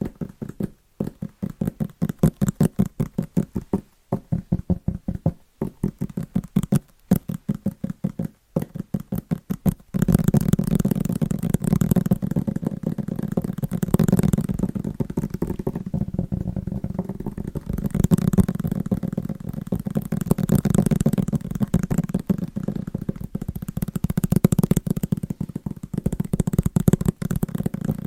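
Fast, rhythmic tapping on Christmas presents, crisp separate taps for the first ten seconds, then a dense, continuous rustling patter with low thuds.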